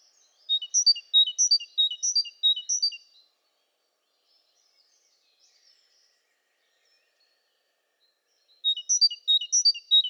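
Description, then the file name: Great tit song: one full strophe of repeated high multi-note phrases, then a long pause before another strophe begins at the end. "Parus major"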